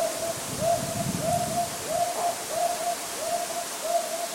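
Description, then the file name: Hawk owl giving even, low hooting notes in a regular series, each slightly upslurred, with a faint low rumble in the background. Recorded at Abiko on 14 May 2014. "hawk owl abiko 140514"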